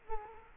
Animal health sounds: mosquito wingbeat signal from an infrared sensor; Culex quinquefasciatus

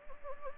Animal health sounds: mosquito wingbeat signal from an infrared sensor; Anopheles gambiae

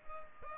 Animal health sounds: mosquito wingbeat signal from an infrared sensor; Culex pipiens

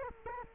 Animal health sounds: mosquito wingbeat signal from an infrared sensor; Culex quinquefasciatus

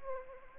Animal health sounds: mosquito wingbeat signal from an infrared sensor; Anopheles arabiensis

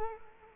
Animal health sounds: mosquito wingbeat signal from an infrared sensor; Culex quinquefasciatus

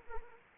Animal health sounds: mosquito wingbeat signal from an infrared sensor; Anopheles arabiensis

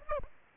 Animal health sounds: mosquito wingbeat signal from an infrared sensor; Aedes aegypti

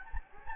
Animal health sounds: mosquito wingbeat signal from an infrared sensor; Anopheles gambiae

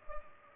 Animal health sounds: mosquito wingbeat signal from an infrared sensor; Culex pipiens

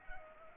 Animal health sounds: mosquito wingbeat signal from an infrared sensor; Culex pipiens

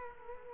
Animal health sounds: mosquito wingbeat signal from an infrared sensor; Culex quinquefasciatus

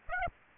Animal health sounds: mosquito wingbeat signal from an infrared sensor; Aedes aegypti

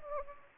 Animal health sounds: mosquito wingbeat signal from an infrared sensor; Anopheles gambiae

